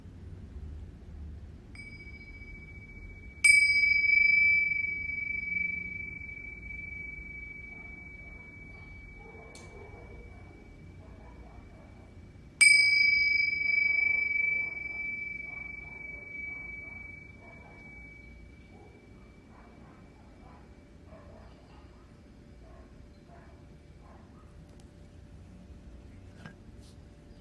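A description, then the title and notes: A Tibetan singing bowl is struck twice, near the start and again about nine seconds later, each strike giving a bright clear ring with higher overtones that hums on and fades slowly. Under the tones sits a low steady rumble, with faint scattered clicks and murmurs. Tibetan Singiing Bowl のサウンドヒーリングチャンネル LIVE.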